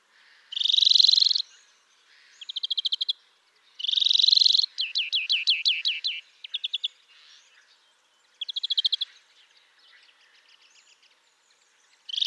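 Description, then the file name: European greenfinch song: long wheezy rising buzzes around high pitch alternating with fast trilled rattles and a run of quick descending notes, with quiet gaps between phrases. "Chloris chloris"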